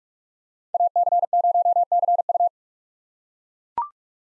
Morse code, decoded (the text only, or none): AC0CU